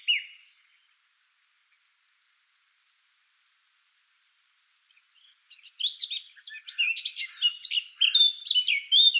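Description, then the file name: Eurasian blackcap song: a short note at the start, near silence for five seconds, then a loud, rapid warble of varied chirps and fluty notes. "Sylvia atricapilla"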